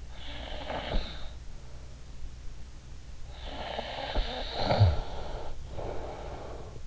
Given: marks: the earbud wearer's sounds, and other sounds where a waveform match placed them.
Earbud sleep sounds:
sounds in sleep by an in-ear microphone; breath, snoring breath
0.08-1.48 s: breath
3.33-6.78 s: snoring breath

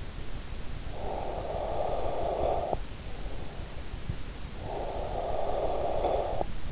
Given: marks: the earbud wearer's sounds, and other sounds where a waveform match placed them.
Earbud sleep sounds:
sounds in sleep by an in-ear microphone; breath
0.78-3.23 s: breath
4.46-6.72 s: breath

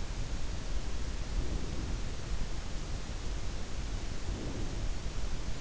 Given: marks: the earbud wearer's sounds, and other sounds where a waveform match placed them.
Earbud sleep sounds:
sounds in sleep by an in-ear microphone; breath
1.21-2.43 s: breath
4.10-5.21 s: breath

